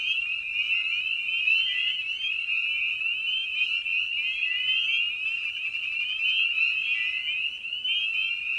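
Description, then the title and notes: Spring peeper chorus of many overlapping high, upslurred peeps forming a continuous ringing band, with slight swells in loudness. Evening at a frog pond. "Night of the Peepers. In this episode we return to the frog pond for a meditative evening. Species in Focus: Spring Peeper (Pseudacris crucifer). Ian Carlsen"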